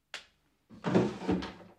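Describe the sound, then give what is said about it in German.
A nightstand drawer opens: a sharp little click, a brief pause, then a rough wooden scraping slide that swells twice before stopping. No one speaks. “In der Schublade.”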